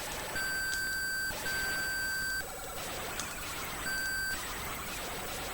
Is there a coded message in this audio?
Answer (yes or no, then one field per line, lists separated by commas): no